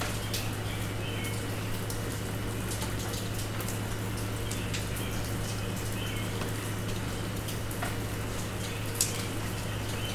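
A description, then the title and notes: Steady rain falls throughout, a dense, even patter with scattered sharper drips ticking in the upper range. A constant low hum runs underneath, and one slightly louder drop stands out near nine seconds. Figured I'd record the rain this morning. The recording is just using the Zoom's internal mics pointed out my window, with the windscreen on.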